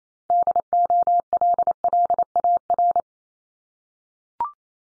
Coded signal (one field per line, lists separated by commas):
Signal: Morse code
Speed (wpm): 28 wpm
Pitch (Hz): 700 Hz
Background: none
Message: DOLLAR